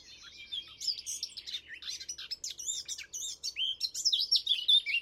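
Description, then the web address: Eurasian blackcap singing continuously, a quick jumble of chattering and whistled phrases that grows louder toward the end. "chant didier collin fauvette a tete noire"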